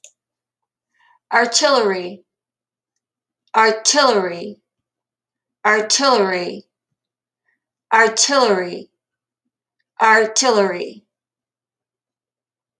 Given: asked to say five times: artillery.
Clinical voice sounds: repeated word; female; 50 to 59 years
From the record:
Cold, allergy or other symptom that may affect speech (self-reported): no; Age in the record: 54 years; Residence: Arizona, United States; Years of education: 19

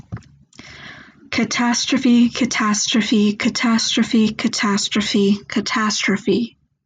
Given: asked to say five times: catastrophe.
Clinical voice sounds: repeated word; female; 20 to 29 years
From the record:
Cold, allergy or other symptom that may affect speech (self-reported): no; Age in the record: 24 years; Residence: Ohio, United States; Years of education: 19

